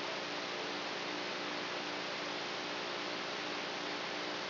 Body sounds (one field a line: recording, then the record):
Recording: brain microelectrode recording played as sound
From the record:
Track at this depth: outside the subthalamic nucleus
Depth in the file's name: 1.006 mm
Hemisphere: right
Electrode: 3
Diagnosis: Parkinson's disease